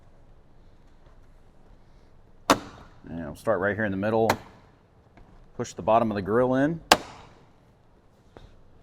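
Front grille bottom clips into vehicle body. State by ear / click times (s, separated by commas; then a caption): not seated / none. Someone talks while the bottom edge of the plastic front grille on a 2007–2018 Jeep Wrangler JK is lined up and pushed in so its clips engage the vehicle body. A few sharp knocks and handling sounds break through between the talking. Nothing has clicked or seated yet; the clip ends just before the grille clips snap home.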